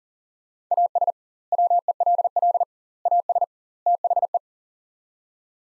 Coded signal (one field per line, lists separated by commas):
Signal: Morse code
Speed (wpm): 40 wpm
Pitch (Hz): 700 Hz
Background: none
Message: AS WELL AS THE